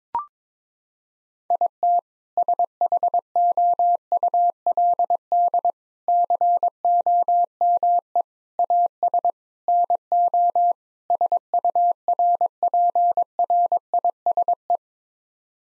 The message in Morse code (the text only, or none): IT SHOULD COME AS NO SURPRISE